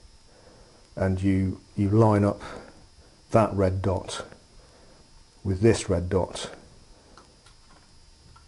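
Someone talks while lining up the red dot on a bayonet lens with the red dot on a 35mm SLR film camera body, ready to fit the lens into the mount. Only a couple of faint ticks follow near the end, and the lens has not yet been turned, seated or clicked into place.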